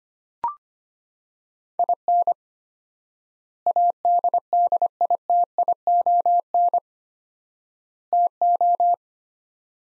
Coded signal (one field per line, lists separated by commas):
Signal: Morse code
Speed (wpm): 25 wpm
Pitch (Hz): 700 Hz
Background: none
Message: IN ADDITION TO